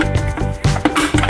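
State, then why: Not seated. The lid handle of a pressure cooker is raised and the lid is turned on the metal cooker body, with music playing throughout. Brief handling knocks sound at about 0.6, 0.9 and 1.2 seconds. The lid has not locked into place yet; nothing has seated or clicked.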